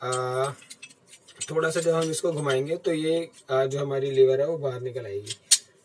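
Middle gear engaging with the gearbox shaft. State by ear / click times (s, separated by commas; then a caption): not seated / none. Someone talks over an opened manual gearbox from an automated manual transmission while the shift lever is being moved so the middle gear will engage and lock onto the shaft, with a brief sharp metallic tick near 5.5 s. The clip ends before the gear goes home, and nothing has seated or clicked yet.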